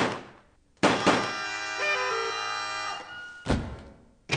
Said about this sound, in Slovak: Počuli sme šuchot v komíne, tak sme strieľali, ako ste nám rozkázali.